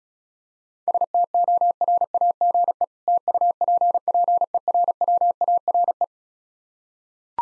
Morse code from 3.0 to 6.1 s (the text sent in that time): TUPPERWARE